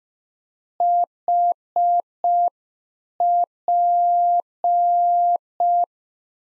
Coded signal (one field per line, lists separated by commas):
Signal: Morse code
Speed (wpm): 5 wpm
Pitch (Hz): 700 Hz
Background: none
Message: HP